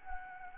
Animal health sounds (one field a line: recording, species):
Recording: mosquito wingbeat signal from an infrared sensor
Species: Anopheles gambiae